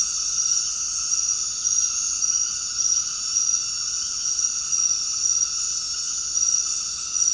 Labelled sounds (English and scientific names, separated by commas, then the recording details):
none
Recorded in secondary vegetation near Puerto Asís, Putumayo, Colombia, on 20 February 2024 at 20:00
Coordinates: 0.468, -76.324
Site G6381